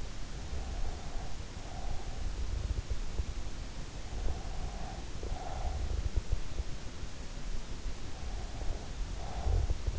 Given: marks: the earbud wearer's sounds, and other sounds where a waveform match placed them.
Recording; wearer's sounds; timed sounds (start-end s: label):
sounds in sleep by an in-ear microphone; breath
0.00-2.46 s: breath
4.00-6.33 s: breath
8.53-9.99 s: breath